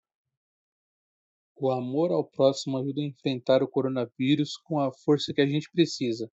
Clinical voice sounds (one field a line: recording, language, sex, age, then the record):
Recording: spoken sentence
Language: Brazilian Portuguese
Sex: male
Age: 30 to 39 years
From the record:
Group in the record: control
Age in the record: 32 years